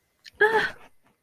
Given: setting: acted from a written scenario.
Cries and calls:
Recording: vocal sound without words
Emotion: negative surprise

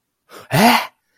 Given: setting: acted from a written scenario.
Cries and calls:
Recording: vocal sound without words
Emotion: positive surprise

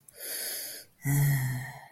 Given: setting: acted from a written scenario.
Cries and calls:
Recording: vocal sound without words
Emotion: romantic love

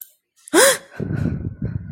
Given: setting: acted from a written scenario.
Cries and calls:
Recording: vocal sound without words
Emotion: fear

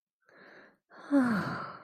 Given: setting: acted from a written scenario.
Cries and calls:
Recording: vocal sound without words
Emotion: contentment

